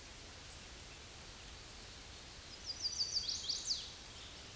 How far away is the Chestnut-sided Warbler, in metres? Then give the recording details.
about 35 m. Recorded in a Pennsylvania forest on 18 May 2023 at 06:21. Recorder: AudioMoth, point grid1_41_low. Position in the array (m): 121 m, 210 m